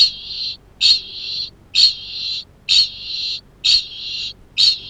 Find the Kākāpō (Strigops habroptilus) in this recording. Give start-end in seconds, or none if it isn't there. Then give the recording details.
0.00-4.90. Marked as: faintness 1/5. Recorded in New Zealand. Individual Arab